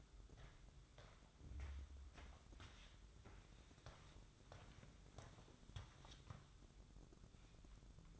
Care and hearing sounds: daily activity, microphone in the room; walk to room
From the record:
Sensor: 3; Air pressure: 1008.2 hPa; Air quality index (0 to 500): 133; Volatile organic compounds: 2 ppm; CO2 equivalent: 1099 ppm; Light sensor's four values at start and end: 10/24/10/10 and 10/23/10/10

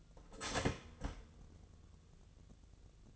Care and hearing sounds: daily activity, microphone in the room; start toaster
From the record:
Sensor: 4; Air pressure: 1001.1 hPa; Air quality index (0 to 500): 167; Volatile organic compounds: 2 ppm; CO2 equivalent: 1211 ppm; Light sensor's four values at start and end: 19/44/18/19 and 18/41/17/17

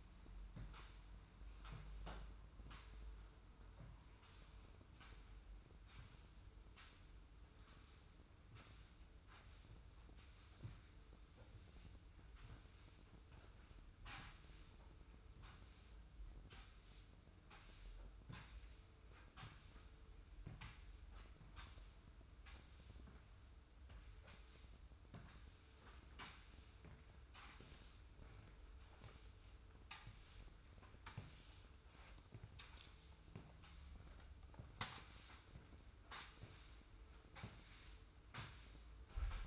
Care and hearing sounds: daily activity, microphone in the room; sweep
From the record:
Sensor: 2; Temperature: 25.1 degrees Celsius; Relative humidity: 45.4%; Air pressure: 990.3 hPa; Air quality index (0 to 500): 210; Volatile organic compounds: 1000 ppm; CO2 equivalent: 6742 ppm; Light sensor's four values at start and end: 30/71/29/29 and 27/64/26/26

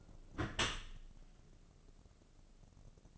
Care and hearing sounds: daily activity, microphone in the room; close dishwasher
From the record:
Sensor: 4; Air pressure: 1013.2 hPa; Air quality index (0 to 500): 177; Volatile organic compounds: 2 ppm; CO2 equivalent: 1114 ppm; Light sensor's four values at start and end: 85/211/88/91 and 85/211/88/91

